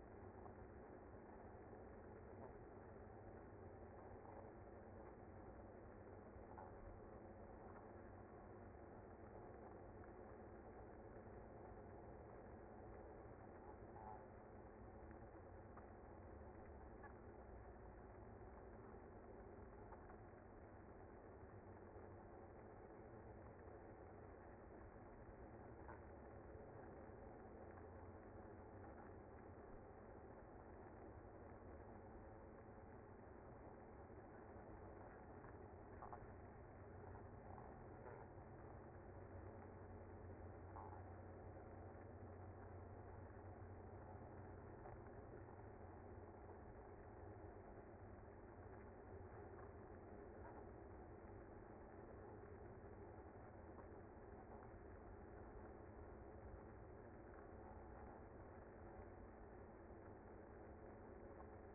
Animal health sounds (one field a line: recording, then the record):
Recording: honeybee colony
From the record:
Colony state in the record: active